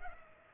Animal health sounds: mosquito wingbeat signal from an infrared sensor; Culex pipiens

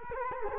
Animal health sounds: mosquito wingbeat signal from an infrared sensor; Culex quinquefasciatus

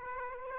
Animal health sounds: mosquito wingbeat signal from an infrared sensor; Aedes aegypti

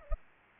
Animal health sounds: mosquito wingbeat signal from an infrared sensor; Anopheles arabiensis

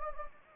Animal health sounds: mosquito wingbeat signal from an infrared sensor; Anopheles gambiae

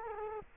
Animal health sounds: mosquito wingbeat signal from an infrared sensor; Culex quinquefasciatus

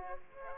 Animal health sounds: mosquito wingbeat signal from an infrared sensor; Aedes aegypti

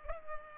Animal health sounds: mosquito wingbeat signal from an infrared sensor; Culex pipiens

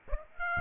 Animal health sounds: mosquito wingbeat signal from an infrared sensor; Aedes aegypti

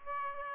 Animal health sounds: mosquito wingbeat signal from an infrared sensor; Aedes aegypti

